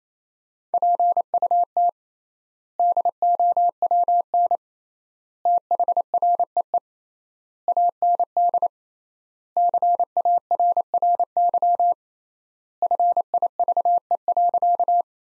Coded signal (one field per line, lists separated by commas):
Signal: Morse code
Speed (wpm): 27 wpm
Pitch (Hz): 700 Hz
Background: none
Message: PUT DOWN THREE AND CARRY FIVE.